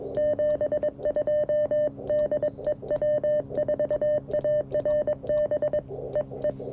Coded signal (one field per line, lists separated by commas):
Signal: Morse code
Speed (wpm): 21 wpm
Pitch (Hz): 600 Hz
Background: none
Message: 72 DE W4ARB EE